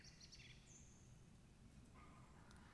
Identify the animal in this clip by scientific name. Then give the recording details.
Turdus philomelos. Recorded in Germany. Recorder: ecoPi